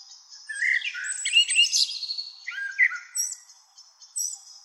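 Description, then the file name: Common blackbird song: mellow warbled phrases with thin high twittering notes. "Turdus merula"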